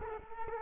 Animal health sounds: mosquito wingbeat signal from an infrared sensor; Culex quinquefasciatus

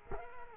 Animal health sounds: mosquito wingbeat signal from an infrared sensor; Culex quinquefasciatus

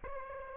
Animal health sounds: mosquito wingbeat signal from an infrared sensor; Aedes aegypti

